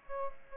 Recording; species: mosquito wingbeat signal from an infrared sensor; Aedes aegypti